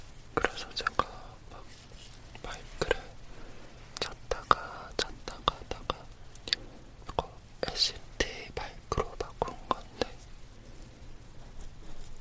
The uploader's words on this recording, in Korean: ASMR 톡톡톡 SR3D 로 담은 잠이 잘오는 주사기 소리 Injection asmr.